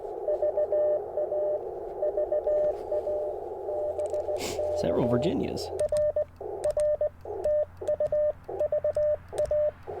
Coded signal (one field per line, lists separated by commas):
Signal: Morse code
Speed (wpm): 20 wpm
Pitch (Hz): 590 Hz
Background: speech, radio noise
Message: VA VA BK R R TU VA